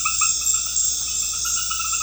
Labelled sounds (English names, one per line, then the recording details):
none
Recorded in pastures near Puerto Asís, Putumayo, Colombia, on 13 March 2025 at 20:00
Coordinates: 0.502, -76.324
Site GP07